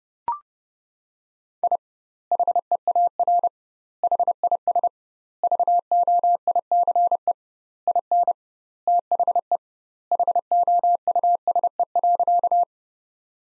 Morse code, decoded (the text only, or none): I HEAR HIS VOICE IN THE HOUSE.